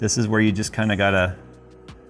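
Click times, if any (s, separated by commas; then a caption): 1.9 s. A small U.FL-style antenna coax connector is held straight over its post on a wireless card and pushed down. Someone talks until about 1.3 s, then a solid click at 1.9 s shows the connector has seated on the post.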